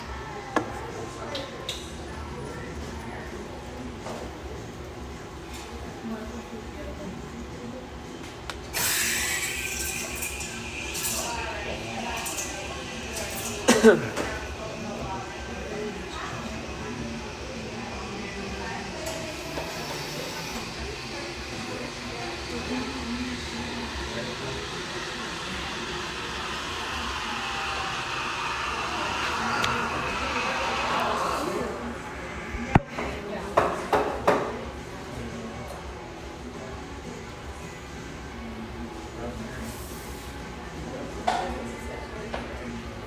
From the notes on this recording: lively ambience from this rustic, bayside coffeeshop